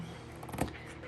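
A stock fiberglass-wrapped intake air pipe on a BMW F30 328i with an N20/N26 engine is pushed up into its mount at the airbox. A few light scraping taps build up before a sharper pop at 0.6 s as the pipe snaps into place. The pipe ends fully seated.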